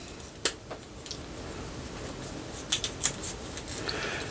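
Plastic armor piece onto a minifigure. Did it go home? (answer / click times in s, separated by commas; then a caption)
no / none. A plastic armor piece is pressed onto an off-brand brick minifigure, making a few light plastic ticks and taps at about 0.5, 2.7, 2.8, 3.1 and 3.9 seconds. The piece never snaps into place; it only sits loosely, partly on and partly not, and nothing has clicked.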